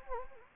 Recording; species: mosquito wingbeat signal from an infrared sensor; Anopheles gambiae